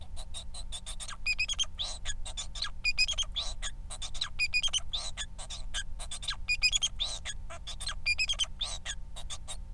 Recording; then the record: song of a male Bengalese finch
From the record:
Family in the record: son of father 4